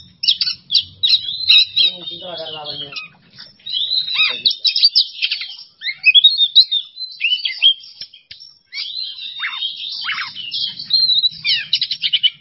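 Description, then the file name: Oriental magpie-robin song, a rapid run of high whistles, slurred notes and chattering phrases, with brief pauses; faint low harmonic notes near the two-second mark. Masteran training recording for songbirds; song style called bongkar isian emosi. "Masteran Kacer Bongkar Isian Emosi"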